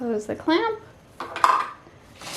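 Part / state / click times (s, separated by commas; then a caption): pen in the tool clamp of a cutting machine / seated / 1.4 s. Someone talks as a pen is pressed all the way down into the pen tool holder (side A) of a Cricut cutting machine and the plastic clamp is closed over it. Two softer clicks at about 1.2 and 1.4 seconds lead into a sharp, loud snap at 1.4 seconds as the clamp closes and the pen is seated.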